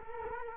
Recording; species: mosquito wingbeat signal from an infrared sensor; Culex quinquefasciatus